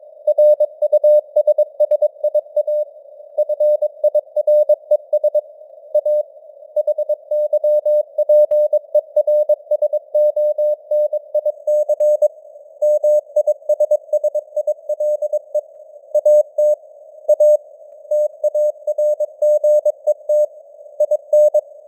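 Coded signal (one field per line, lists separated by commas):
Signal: Morse code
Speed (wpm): 22 wpm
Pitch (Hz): 600 Hz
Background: none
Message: RUSSIA FIRES A HYPERSONIC MISSILE AT A TARGET IN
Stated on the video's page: Morse code news headlines at 22 wpm with simulated radio noise and varying signal strength (QSB).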